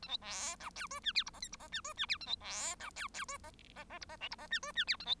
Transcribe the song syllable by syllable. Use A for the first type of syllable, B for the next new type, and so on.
A B C D E F G H I J K I J G F G H A B C D E E F J J J I J L I J G F G H A B